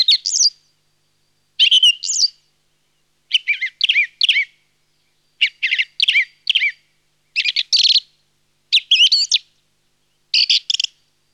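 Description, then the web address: Song thrush song: a series of crisp, whistled and chattering phrases separated by short pauses, some motifs repeated in quick succession. "Laulurastas. nauhalaisen aanimaailmat"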